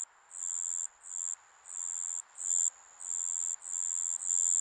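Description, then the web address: Insects buzzing shrilly in loud pulses of roughly half a second, repeating over a constant high drone. Japanese summer insect ambience. "Sound Effects-Foundation 1 AMBIENCE JAPANESE SUMMER INSECTS 03"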